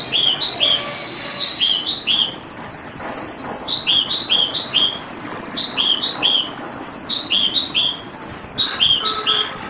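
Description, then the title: Javan bush lark song: runs of quick high chirps with a brief burst of very high notes early on, lively throughout. "Suara Burung Branjangan"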